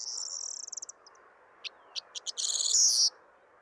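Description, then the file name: Corn bunting song: a fading buzzy trill, then spaced ticks that build into a loud, shimmering, jangling burst. Song exchange between two rival birds, recorded 28 February 2020. "Corn-Bunting Song-between-two-rivals Alfes"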